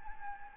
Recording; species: mosquito wingbeat signal from an infrared sensor; Anopheles arabiensis